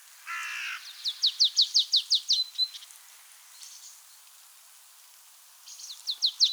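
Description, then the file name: Marsh tit calling: a brief harsh buzzy note, then a rapid series of sharp, down-slurred high notes, with the series starting again near the end. "Poecile palustris"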